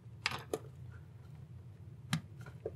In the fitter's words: that clicked